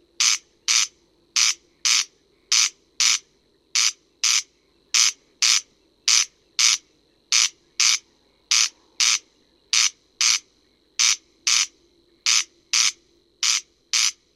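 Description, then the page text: Corn crake calling steadily, dry rasping crex-crex doublets repeated without pause through the whole stretch, about a dozen pairs, over a quiet low background hum. Played back; playback recording for breeding-season surveys in France; species of alluvial hay meadows in the breeding period. "Râle des genêts"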